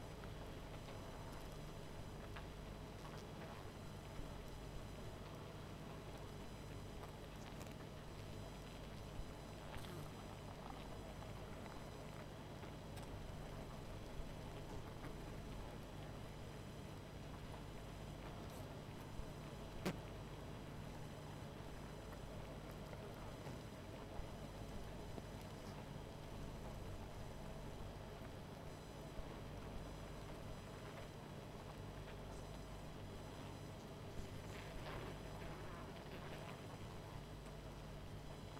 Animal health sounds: honeybee colony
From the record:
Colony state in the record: missing queen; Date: 14 July 2017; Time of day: 20:40

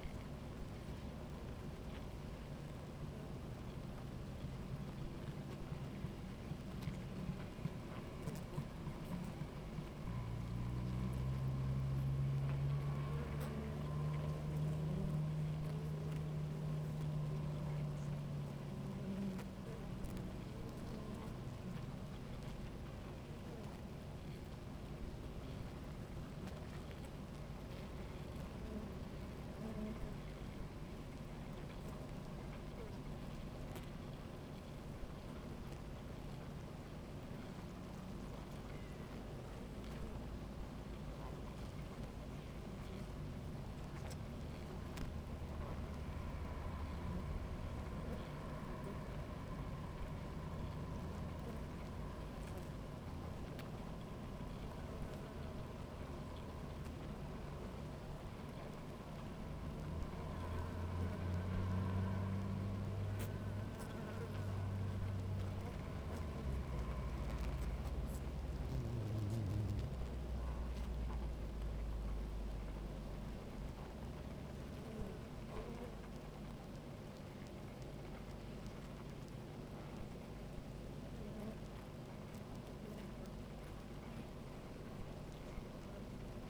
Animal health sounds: honeybee colony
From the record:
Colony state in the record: active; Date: 28 July 2017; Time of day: 17:04

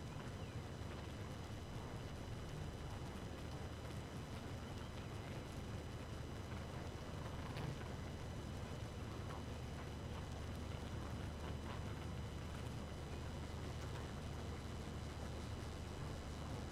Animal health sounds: honeybee colony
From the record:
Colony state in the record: active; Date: 12 June 2018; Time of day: 2:44

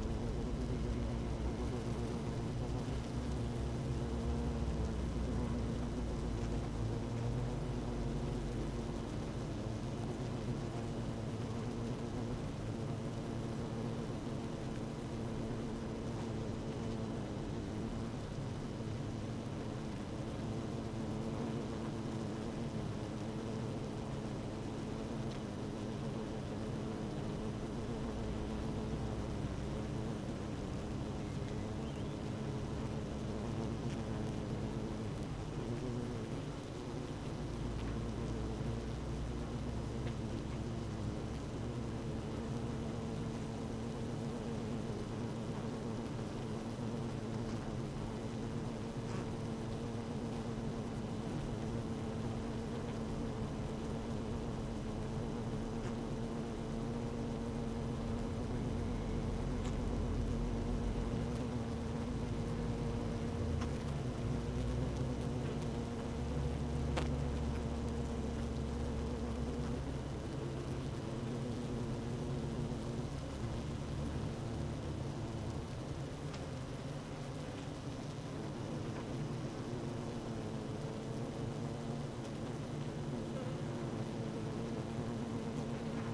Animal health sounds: honeybee colony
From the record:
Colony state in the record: active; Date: 12 June 2018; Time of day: 15:52

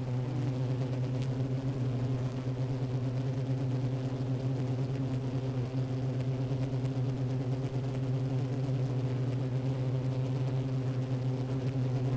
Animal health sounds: honeybee colony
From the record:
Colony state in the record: active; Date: 28 July 2017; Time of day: 11:22

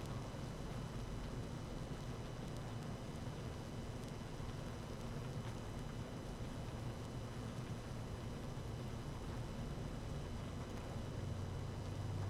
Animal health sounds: honeybee colony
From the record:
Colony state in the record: active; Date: 12 June 2018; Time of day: 18:11

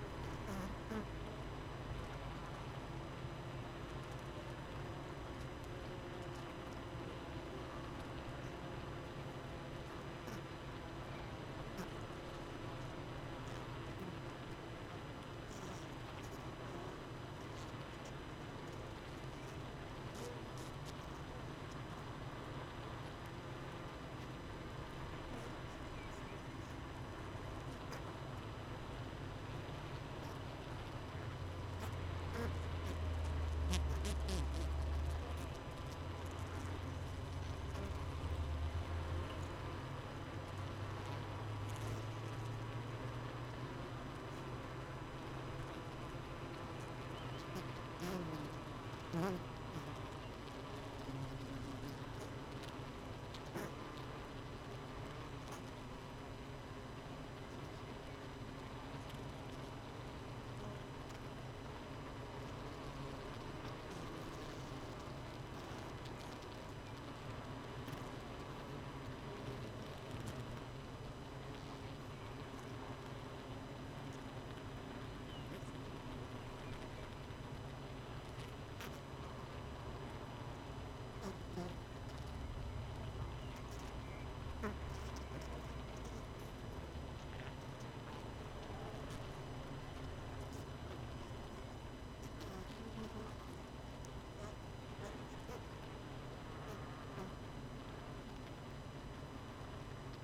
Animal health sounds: honeybee colony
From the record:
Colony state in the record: missing queen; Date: 31 May 2018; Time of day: 18:34

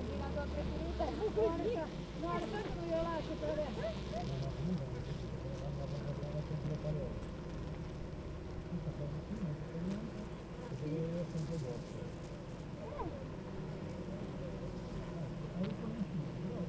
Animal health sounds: honeybee colony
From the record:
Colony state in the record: active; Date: 28 July 2017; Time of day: 8:41

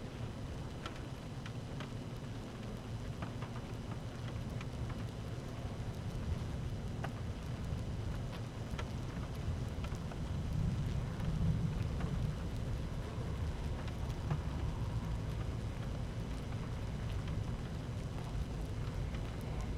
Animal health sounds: honeybee colony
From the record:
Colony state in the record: active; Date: 12 June 2018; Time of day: 13:21

